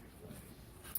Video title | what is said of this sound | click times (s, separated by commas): S2E1.1 Kia Borrego-Mohave Inside Door Handles | I snapped it back in you | 1.0 s